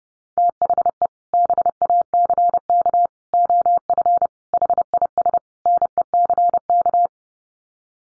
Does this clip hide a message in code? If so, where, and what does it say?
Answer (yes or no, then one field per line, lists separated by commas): yes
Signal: Morse code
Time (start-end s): 0.4-7.1 s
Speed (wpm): 30 wpm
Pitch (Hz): 700 Hz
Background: none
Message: THE BACK OF HIS NECK